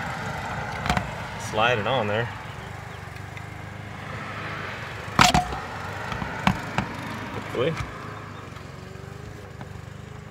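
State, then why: Not seated. A Sunforce LED security light housing is handled against its wall mounting bracket while someone talks, with several brief sharp knocks and taps scattered through the clip. Nothing has seated or clicked into place yet.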